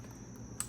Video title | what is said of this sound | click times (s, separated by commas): BMW S54 ITB REBUILD: Individual Throttle Body Service and Maintenance | you got to squeeze them on pretty hard until you hear them snap in just like that | 0.6 s